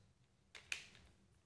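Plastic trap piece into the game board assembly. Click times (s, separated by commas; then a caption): 0.7 s. A plastic Mouse Trap game piece is lined up with its mating part and pushed into the game board assembly, so that when the ball hits it, it drops down and the other part flings up. A softer plastic contact at about 0.5 s is followed by one sharp click at 0.7 s as the piece locks into place.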